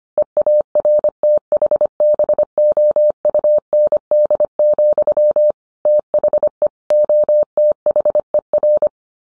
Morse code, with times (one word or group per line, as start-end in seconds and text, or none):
0.2-5.5 EARTHBOUND,
5.9-6.7 THE
6.9-8.9 OTHER